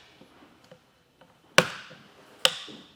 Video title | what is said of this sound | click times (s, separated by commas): How to Set Up Your Yakima RidgeLine Roof Rack for Flush Rails on a 2021 Chevrolet Trailblazer | goes all the way in and clicks into place | 1.6 s, 2.5 s